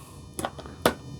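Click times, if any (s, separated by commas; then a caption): 0.9 s. A plastic ball link on the control horn of a Freewing 90mm F-15C RC jet is pressed fully onto its ball stud, so it is no longer sitting only on the first setting. A few light handling taps come around 0.4 s, then a sharp pop at 0.9 s as the link seats onto the ball.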